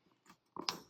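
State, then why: Seated. Embroidery thread is placed into the notch under the lever on top of a handheld thread tension test gauge, and the lever is closed over it. A sharp click at 0.7 s marks the lever shutting and holding the thread in place, like the click on the embroidery machine. A softer tap follows near the end.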